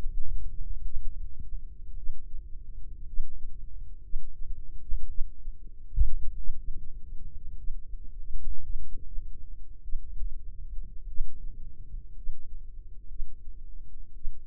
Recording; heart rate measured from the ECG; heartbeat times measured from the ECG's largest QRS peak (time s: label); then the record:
heart sounds by microphone in the left ear; 54 bpm
0.83 s: heartbeat
1.95 s: heartbeat
3.05 s: heartbeat
4.01 s: heartbeat
5.07 s: heartbeat
6.35 s: heartbeat
7.55 s: heartbeat
8.61 s: heartbeat
9.81 s: heartbeat
11.06 s: heartbeat
12.14 s: heartbeat
13.07 s: heartbeat
14.13 s: heartbeat
From the record:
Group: healthy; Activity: rest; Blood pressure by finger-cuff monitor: 95/56 mmHg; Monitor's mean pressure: 67 mmHg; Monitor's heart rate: 54 bpm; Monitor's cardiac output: 4.6 L/min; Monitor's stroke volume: 86 mL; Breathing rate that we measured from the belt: 14 breaths a minute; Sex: female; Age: 36 years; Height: 163 cm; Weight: 88 kg